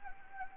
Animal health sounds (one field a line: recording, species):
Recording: mosquito wingbeat signal from an infrared sensor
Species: Anopheles gambiae